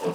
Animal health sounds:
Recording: pig call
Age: piglet (1 to 25 days)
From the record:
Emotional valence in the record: positive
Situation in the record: huddling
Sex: female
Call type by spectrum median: low-frequency call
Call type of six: low-frequency tonal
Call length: 0.15 s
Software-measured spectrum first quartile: 381 Hz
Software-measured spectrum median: 516 Hz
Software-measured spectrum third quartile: 1116 Hz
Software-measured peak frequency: 450 Hz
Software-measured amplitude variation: 120 dB a second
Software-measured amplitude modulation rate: 3.4 a second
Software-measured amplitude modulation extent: 35.6 dB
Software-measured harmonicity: 2.5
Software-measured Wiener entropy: -0.89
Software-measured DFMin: 750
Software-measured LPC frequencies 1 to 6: 465, 991, 2678, 3292, 4126, 4844 Hz

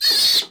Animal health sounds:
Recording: pig call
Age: piglet (1 to 25 days)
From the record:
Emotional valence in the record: negative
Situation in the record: castration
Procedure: castration, shear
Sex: male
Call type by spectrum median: high-frequency call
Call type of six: high-frequency stable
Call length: 0.51 s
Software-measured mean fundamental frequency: 133 Hz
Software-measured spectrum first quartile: 4104 Hz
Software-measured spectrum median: 4533 Hz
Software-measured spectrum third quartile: 6007 Hz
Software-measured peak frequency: 4335 Hz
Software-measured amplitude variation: 115 dB a second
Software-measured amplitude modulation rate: 20.6 a second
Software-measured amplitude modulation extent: 5.6 dB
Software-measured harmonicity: 6.8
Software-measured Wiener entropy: -2.53

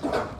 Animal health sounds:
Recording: pig call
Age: growing-finishing pig (85 days or more)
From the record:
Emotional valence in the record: positive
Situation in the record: run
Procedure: transit

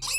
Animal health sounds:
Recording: pig call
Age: weaner (32 to 43 days)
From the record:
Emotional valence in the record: negative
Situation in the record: novel object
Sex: female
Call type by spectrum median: high-frequency call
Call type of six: high-frequency stable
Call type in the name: high-frequency stable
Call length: 0.19 s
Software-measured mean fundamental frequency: 524 Hz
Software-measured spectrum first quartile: 3525 Hz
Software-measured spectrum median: 5572 Hz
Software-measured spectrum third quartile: 8627 Hz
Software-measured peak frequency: 2617 Hz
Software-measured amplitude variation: 102 dB a second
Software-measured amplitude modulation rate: 18.6 a second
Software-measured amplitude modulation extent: 5.5 dB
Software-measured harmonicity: 5.4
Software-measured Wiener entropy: -2.47

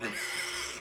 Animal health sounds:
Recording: pig call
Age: piglet (1 to 25 days)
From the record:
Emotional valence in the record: negative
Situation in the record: castration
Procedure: castration, fixation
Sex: male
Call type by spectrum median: high-frequency call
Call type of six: high-frequency modulated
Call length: 0.81 s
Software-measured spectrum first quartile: 1623 Hz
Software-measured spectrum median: 2856 Hz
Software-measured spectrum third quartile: 5678 Hz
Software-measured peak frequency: 2012 Hz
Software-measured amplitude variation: 88 dB a second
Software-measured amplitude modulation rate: 25.3 a second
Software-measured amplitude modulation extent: 3.5 dB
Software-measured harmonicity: -1.0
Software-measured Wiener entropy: -1.34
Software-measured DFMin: 724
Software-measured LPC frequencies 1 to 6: 2086, 3096, 5227, 7606, 8168, 8938 Hz

